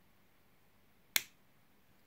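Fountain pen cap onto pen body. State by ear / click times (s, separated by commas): seated / 1.2 s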